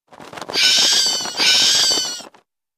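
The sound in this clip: Bat giving a loud, harsh, screeching squeal in two long drawn-out bursts lasting about two seconds together.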